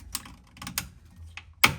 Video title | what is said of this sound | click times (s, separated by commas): 2017+ Ford Superduty 6.7 Powerstroke Diesel Fuel Filters Replacement How-To | Turn that all the way until it clicks. | 1.6 s